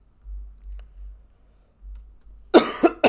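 After about two and a half seconds of near silence, an adult gives a quick run of harsh coughs: two sharp bursts, with a third cut off at the end. The cough comes from a viral illness caught the previous week, a college 'Chicago plague'.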